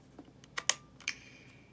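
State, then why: Seated. A detachable Nintendo Switch Joy-Con controller is slid from top to bottom down the plastic side rail of the handheld console until it locks in place. Faint ticks and sliding contacts lead into a sharp click at 0.6 s and the loudest snap at 0.7 s, which marks the lock. Two more clicks follow near 1.0 and 1.1 s, with a thin high ring that fades out by about 1.7 s.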